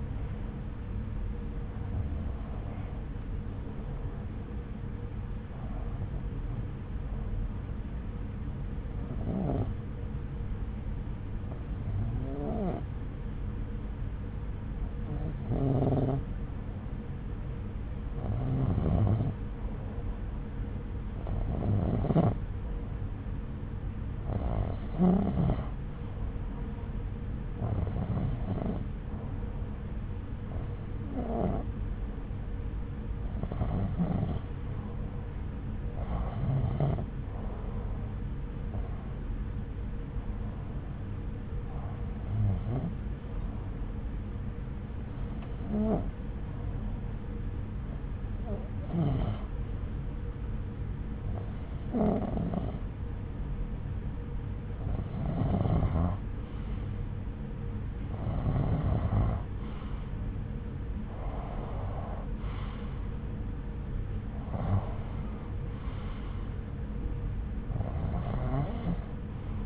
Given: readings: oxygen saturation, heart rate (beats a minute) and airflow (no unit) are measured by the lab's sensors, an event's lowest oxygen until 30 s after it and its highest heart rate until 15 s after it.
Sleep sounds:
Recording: breathing in sleep by a smartphone at the bedside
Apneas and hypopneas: none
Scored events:
25.00-69.66 s: new sleep stage, REM sleep
From the record:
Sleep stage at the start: N1 (lightest sleep)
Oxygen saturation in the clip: 88 to 91%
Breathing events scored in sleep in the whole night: 303 in 8.1 hours asleep

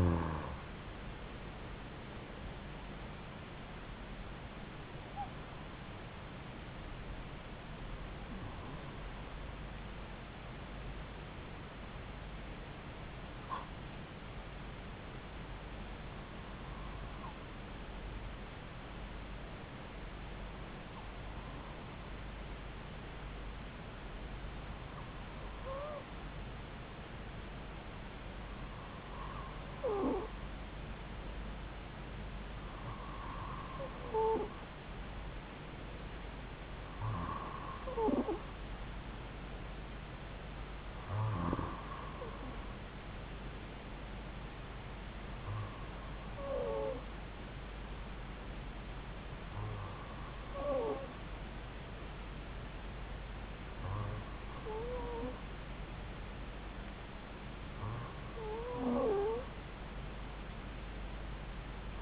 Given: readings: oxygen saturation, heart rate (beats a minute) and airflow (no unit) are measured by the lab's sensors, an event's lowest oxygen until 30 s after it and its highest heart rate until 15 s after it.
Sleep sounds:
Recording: breathing in sleep by a voice recorder at the bedside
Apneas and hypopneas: 1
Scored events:
19.00-38.90 s: hypopnea (N2, oxygen 96% highest, then 93% lowest)
From the record:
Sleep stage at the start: N2 (light sleep)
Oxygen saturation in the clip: 92 to 96%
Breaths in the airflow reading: 15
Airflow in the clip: -4.1 to 3.7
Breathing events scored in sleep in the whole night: 270 in 6.1 hours asleep

